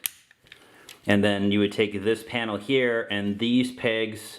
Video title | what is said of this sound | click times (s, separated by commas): TFC Toys H-02 Thanatos - Hades Combiner - Unofficial Video Review | um the leg here locks in place | 0.1 s